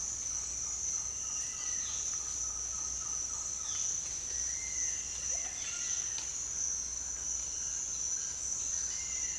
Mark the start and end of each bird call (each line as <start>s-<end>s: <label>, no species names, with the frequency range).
0.28s-3.77s: bird call (0.8-1.9 kHz)
4.16s-6.12s: bird call (0.9-5.4 kHz)
7.38s-9.38s: bird call (1.1-3.5 kHz)